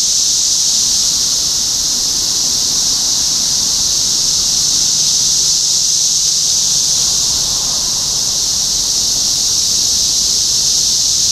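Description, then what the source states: Cicadas in full chorus, a high, continuous sizzling drone, with a soft low hum underneath midway. Cicadas in Topeka, Kansas, on 14 June 2015.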